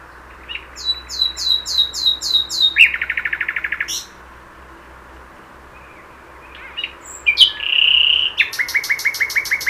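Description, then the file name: Common nightingale song: a run of bright repeated high notes, then a fast buzzy trill, a pause, and another series of loud repeated notes. "Luscinia megarhynchos"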